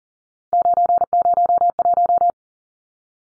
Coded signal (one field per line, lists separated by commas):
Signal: Morse code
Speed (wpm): 40 wpm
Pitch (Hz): 700 Hz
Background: none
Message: 901